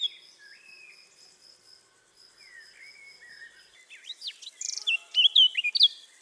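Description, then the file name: Eurasian blackcap song: soft high whistled notes at first, then a brighter burst of quick, varied warbling phrases jumping up and down in pitch near the end. "Sylvia atricapilla"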